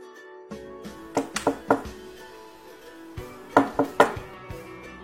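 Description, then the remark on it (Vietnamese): Two bursts of sharp knocking on a guest's door by a young man, about four quick raps followed after a pause by three more, heard over a steady low background hum. “Trung Quy kiến thức rộng rãi, lập tức bảo cháu trai gõ cửa.”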